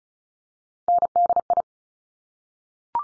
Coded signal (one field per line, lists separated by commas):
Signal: Morse code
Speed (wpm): 36 wpm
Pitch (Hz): 700 Hz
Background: none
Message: NDI